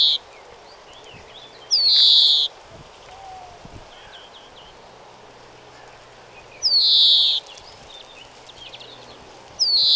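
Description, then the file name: European greenfinch giving drawn-out, buzzy, nasal wheezes that start with a rising slur, repeated roughly every five seconds, with soft twitters in between. "Chloris chloris"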